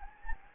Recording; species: mosquito wingbeat signal from an infrared sensor; Anopheles gambiae